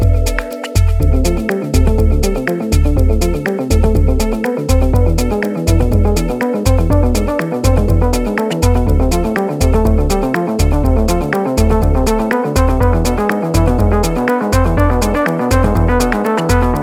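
Music recorded live at a private hot springs outside Gerlach, Nevada: a steady, driving beat with a heavy kick drum thumping about twice per second under deep bass. Bright, ticking hi-hats and layered tones run throughout at an even, unchanging loudness.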